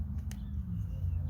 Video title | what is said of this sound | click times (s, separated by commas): How To Fix a Broken Inside Door Handle VW New Beetle 2004 | pretty handy this locks spins and locks into place there | 0.3 s